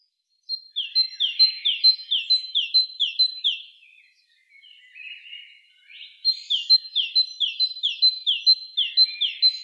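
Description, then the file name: Great tit song: bright two-note phrases, a high whistle dropping into a lower sweep, repeated quickly in two bouts with a soft, twittering pause between them. "Parus major"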